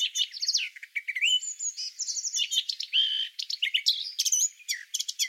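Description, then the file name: Eurasian blackcap singing a continuous rich warble, mixing scratchy chatter with bright whistled slurs, with hardly any pauses throughout. "Sylvia atricapilla"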